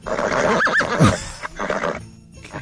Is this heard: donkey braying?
yes